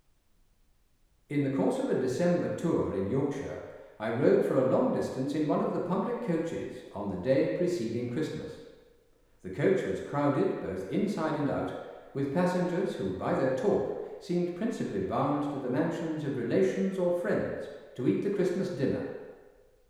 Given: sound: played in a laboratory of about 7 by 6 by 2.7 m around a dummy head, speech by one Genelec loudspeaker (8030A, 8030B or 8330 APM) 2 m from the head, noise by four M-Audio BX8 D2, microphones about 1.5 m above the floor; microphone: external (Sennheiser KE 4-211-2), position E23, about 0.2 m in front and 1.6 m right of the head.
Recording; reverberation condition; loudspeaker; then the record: male speech in English; high; 120 degrees to the right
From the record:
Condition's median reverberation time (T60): about 1300 ms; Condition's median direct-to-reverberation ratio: about -4.0 dB